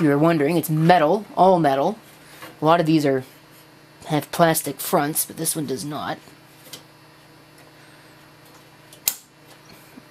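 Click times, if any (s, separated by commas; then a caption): 9.1 s. Someone talks while handling an all-metal SilverStone 5.25 to 3.5 inch drive bay adapter, then pushes it into the PC case's 5.25 inch bay. It latches with a sharp metallic click at 9.1 s, clicking into place.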